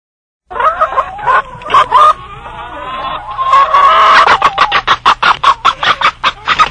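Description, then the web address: Rooster crowing: a drawn-out harmonic crow in the middle, surrounded by loud clucking, ending in a string of sharp repeated notes. "петух"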